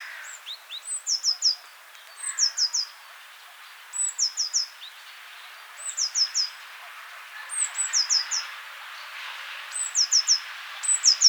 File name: Cyanistes caeruleus